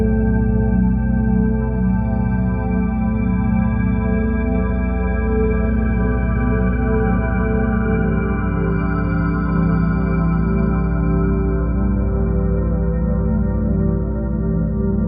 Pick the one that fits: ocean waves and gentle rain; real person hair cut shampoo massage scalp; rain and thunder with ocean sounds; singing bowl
singing bowl